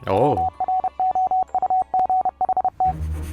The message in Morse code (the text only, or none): WROUGHT